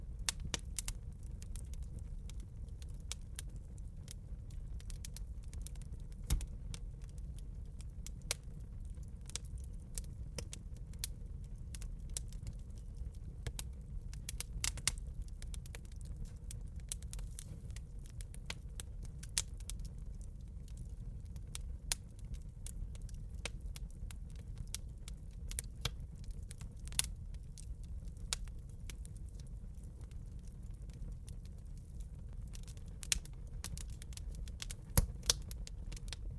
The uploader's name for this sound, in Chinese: 營火白噪音